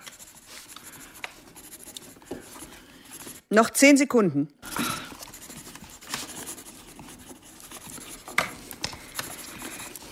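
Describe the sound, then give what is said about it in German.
Several pens scratch steadily across paper during a test in a soft, continuous rasp, with small taps and strokes; midway a voice briefly speaks over the writing before the scratching carries on. “Stifte und Finger weg.”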